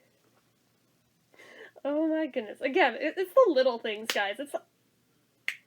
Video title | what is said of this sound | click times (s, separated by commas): January 2021 Ipsy Glam Bag Plus Unboxing! | oh my god for some reason being made of bamboo i didn't think that little click would like actually work | 5.5 s